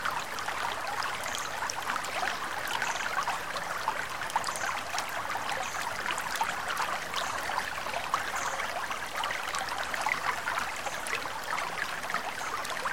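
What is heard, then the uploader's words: A babbling brook runs over smooth rocks and stones, its steady, dense rush holding an even level throughout. Bright splashes and small trickling clicks pop up constantly across the flow, with little low rumble underneath. Babbling Brook. The water makes its way over smooth rocks and stones.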